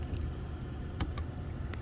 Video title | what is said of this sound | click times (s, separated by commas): 2015 Nissan Ultima 2.5 S Headlight Replacement in *ONE MINUTE* | You should hear a click. | 1.0 s